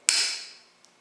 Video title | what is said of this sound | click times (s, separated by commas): Xplova bike mount setting_.avi | gently until you hear a click | 0.1 s